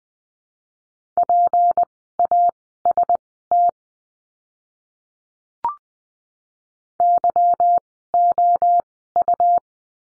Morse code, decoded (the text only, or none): PAST YOU